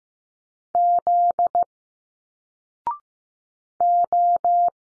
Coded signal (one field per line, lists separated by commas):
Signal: Morse code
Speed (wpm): 15 wpm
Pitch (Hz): 700 Hz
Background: none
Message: Z O